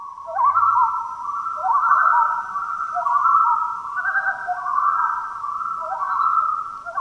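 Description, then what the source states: Loon calls, long wavering notes rising and falling in drawn-out, continuous wails. Loons calling at night on a lake in Canada, heard on the third night of trying.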